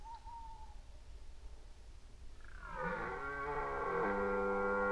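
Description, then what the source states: Red deer roar: a faint thin whine at first, then a loud, deep bellow rising in from halfway and holding steady to the end. Recorded during the rut in 2011.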